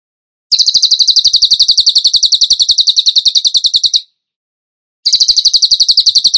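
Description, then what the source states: Bird song: rapid, even trill of sharp high notes, one bout of about three and a half seconds, a pause, then a second bout starting. Masteran training recording; song in the tembakan gacor style.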